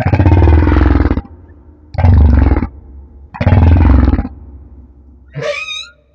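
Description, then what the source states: Humpback whale song: three loud, deep rasping grunts followed by a short rising whoop. Humpback whale off Madagascar.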